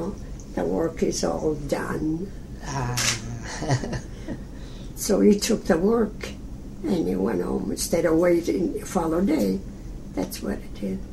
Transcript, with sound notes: "No, the work is all done."
Ah! (laughs)
So, we took the work and we went home, instead of waiting the following day, that's what we did.